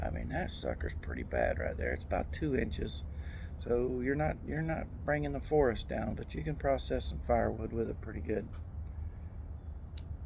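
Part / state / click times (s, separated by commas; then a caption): folding saw blade in a pocket multi-tool handle / seated / 10.0 s. A man talks over steady low background noise while showing the small, roughly 2-inch folding saw blade of a pocket EDC knife multi-tool. The blade is swung open, and at 10.0 s it locks into place in the handle with a sharp, loud click.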